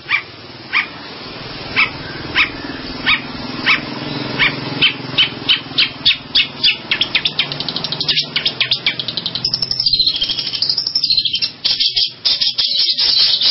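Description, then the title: Long-tailed shrike song: sharp chirps spaced about a second apart at first, quickening into a dense run of rapid chattering notes, over a low steady hum. "Kicau Burung Pentet"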